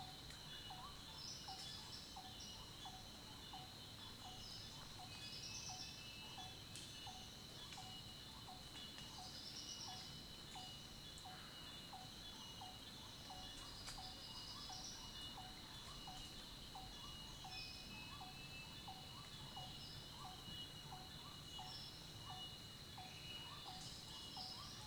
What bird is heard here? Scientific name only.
Platysteira castanea